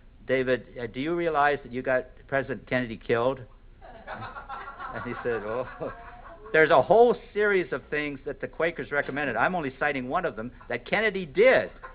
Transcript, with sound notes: ‘David, do you realize you got President Kennedy killed?” [laughter] And he says ‘Ohhh.’ There is a whole series of things that the Quakers recommended – I’m only citing one of them – that Kennedy did.